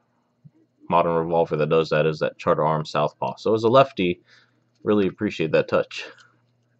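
Someone talks while handling a small rimfire revolver, its swing-out cylinder on the crane being moved back toward the metal frame. The cylinder has not snapped into the frame yet, and nothing has seated or clicked by the end of the clip.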